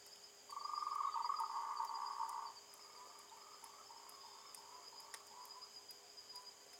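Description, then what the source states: Frog with a loud, fast-pulsed trill lasting two seconds, followed by softer broken trills at the same pitch in a quiet setting. Recorded on 20 March 2021 in the evening, around 20:47.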